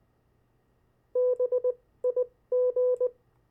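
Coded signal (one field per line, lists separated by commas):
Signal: Morse code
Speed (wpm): 19 wpm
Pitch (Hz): 500 Hz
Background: none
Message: BIG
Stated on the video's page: CW copy practice of opposite words, pen-and-paper follow-along.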